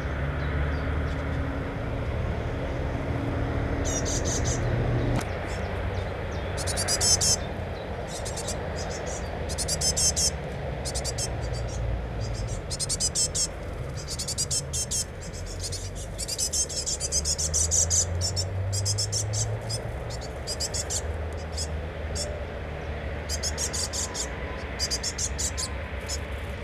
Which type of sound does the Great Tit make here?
begging call